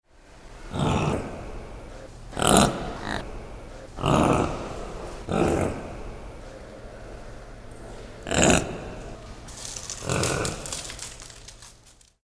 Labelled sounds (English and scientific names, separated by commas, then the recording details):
Dama Gazelle (Nanger dama)
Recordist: Tembrock, Günter
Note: Kurzlaute eines Weibchens